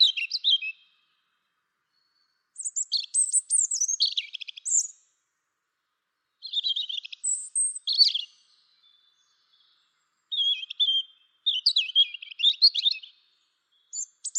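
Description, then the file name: European robin singing repeatedly: four or five short, high, varied phrases of liquid twitters and thin whistles, spaced by brief silences. "Erithacus rubecula"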